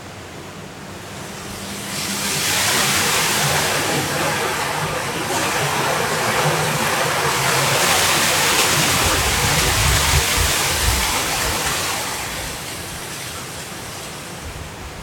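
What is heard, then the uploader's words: Hurricane Kay's wind roars in a dense, hissing rush that swells after two seconds, holds strong through the middle, then eases toward the end. Hurricane Kay in Los Cabos at Midnight.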